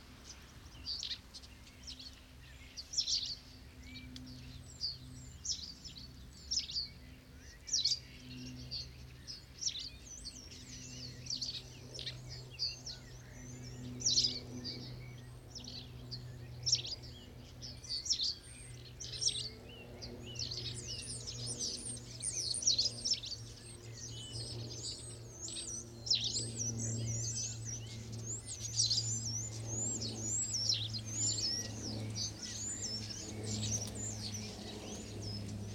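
A huge flock of starlings, perhaps a thousand birds, chatters in a clay pit. Dense, high whistles, clicks and squeaks overlap without pause, growing busier after about twenty seconds, while a low steady hum runs underneath throughout.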